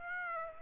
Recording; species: mosquito wingbeat signal from an infrared sensor; Aedes aegypti